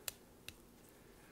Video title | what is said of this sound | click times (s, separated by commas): Video Review: Mastermind Creations R-47 EXITUS | okay that one locked in that's the first time that's happened first try like that you can now see that little tabs in there | 0.1 s